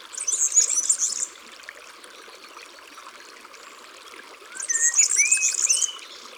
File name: Serin cini Chants doiseaux dans la campagne